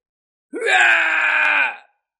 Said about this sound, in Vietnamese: Một tiếng hét thảm phát ra, vị cổ thánh này giãy giụa kịch liệt nhưng lại khó có thể tránh thoát.